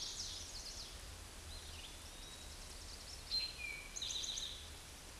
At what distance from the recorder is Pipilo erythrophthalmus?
about 30 m